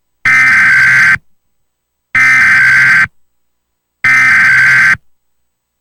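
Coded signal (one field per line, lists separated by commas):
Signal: Emergency Alert System (SAME) tones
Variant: header bursts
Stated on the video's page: Fictional 1980s-style alert made as a VHS transfer test, imagining an alien invasion.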